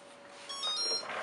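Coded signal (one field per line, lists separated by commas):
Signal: beep code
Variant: Hobbywing-type ESC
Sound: a few quick stepped electronic beeps from a motor, rising in pitch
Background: room noise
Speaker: you'll also start to hear beeps from your esc like so that's telling you that it's um going into programming mode of swords and that your throttles at max that's programming mode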